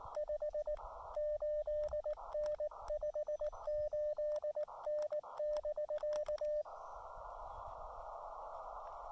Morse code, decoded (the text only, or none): 58N 58N <BK>